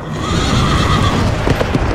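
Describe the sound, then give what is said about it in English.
A fiery red horse whinnies loudly over a steady rumble, then hooves clop in a quick uneven rhythm toward the end. No one speaks. “Another horse, fiery red, went out.”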